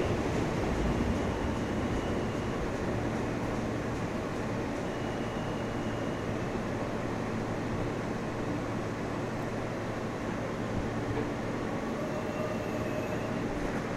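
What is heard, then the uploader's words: A subway train rumbles on steadily, a thick, even roar with a heavy low hum underneath that holds level for the whole stretch. Faint high whines drift in and out near the middle and toward the end, with indistinct murmuring beneath the noise. Subway.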